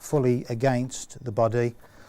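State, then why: Not seated. Someone talks while the plastic electrical assembly holding the UV bulb is being handled against the body of a Hozelock Vorto UVC pond UV clarifier, ready to be pushed fully against it and rotated into place. Only the voice is heard, with no sharp impacts. Nothing has seated or clicked yet.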